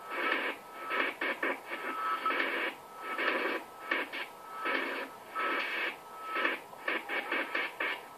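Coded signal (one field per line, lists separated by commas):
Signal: modem data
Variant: AMIS powerline smart meter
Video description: AMIS Signal der Energie-AG Oberösterreich im Langwellenbereich stören unter anderem den DCF-77 Zeitzeichenempfang sehr stark!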